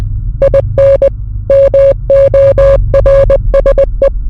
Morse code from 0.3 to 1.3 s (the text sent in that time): IN